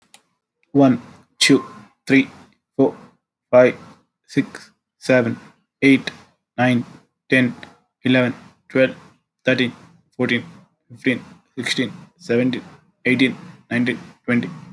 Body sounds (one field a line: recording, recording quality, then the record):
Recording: counting at a normal pace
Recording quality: excellent, no background noise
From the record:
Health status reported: healthy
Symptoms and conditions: asthma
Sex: male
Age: 22 years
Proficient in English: yes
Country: India